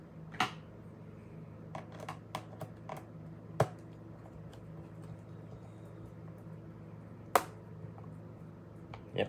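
The plastic back cover of a Lenovo ThinkPad laptop is pressed down around its edges so its clips snap into the chassis before the screws go back in. Amid a low steady hum and several softer ticks, sharp clicks ring out at 3.6 s and 7.4 s. The cover is snapped into place.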